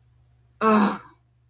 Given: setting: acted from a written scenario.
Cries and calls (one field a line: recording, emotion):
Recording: vocal sound without words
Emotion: anger